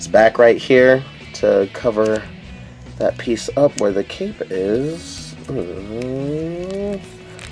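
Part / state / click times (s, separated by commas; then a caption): plastic back cover piece into action figure torso / seated / 7.5 s. Someone talks while plugging a plastic back piece into the back of a Piccolo action figure's torso, where it covers the cape joint. A few faint ticks come just before a sharp click at 7.5 s, when the piece pops into place and seats.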